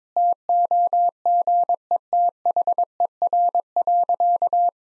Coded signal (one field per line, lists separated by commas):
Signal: Morse code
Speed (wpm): 22 wpm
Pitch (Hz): 700 Hz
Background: none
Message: TOGETHER.